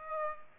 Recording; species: mosquito wingbeat signal from an infrared sensor; Aedes aegypti